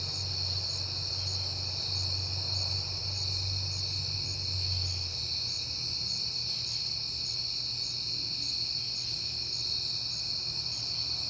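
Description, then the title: Crickets chirping in a steady high-pitched chorus with pulsing trills, over a low rumble that stops after about five seconds. Crickets at night in September, on a peaceful night. "Night Time: Crickets and Passing Cars"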